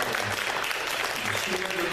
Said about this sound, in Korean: 그동안 기대신 성도에 감사받아서 우리 한양의 박수 감사합니다.